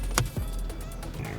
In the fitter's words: You're going to push in until you hear click. There we go.